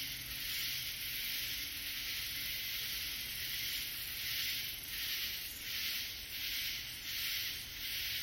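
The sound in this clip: Katydid calling: dense, continuous high hiss with a soft pulsing swell roughly every second, over a steady background.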